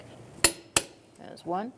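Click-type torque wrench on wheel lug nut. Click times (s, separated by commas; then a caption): 0.4 s, 0.8 s. A click-type torque wrench set to 83 ft-lbs tightens a wheel lug nut on a 2007-2012 Nissan Altima, giving two sharp metallic clicks at 0.4 s and 0.8 s. The wrench clicks at its setting, confirming the lug nut is torqued, and then someone talks.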